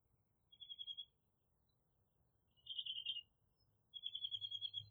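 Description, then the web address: Bird calls: three separate dry buzzy trills at an even high pitch, spaced by pauses, against a faint low hum. "Tedford Sarah Sounds Birds 4 Removed Background Noise"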